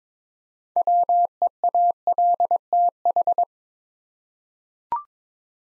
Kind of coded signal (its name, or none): Morse code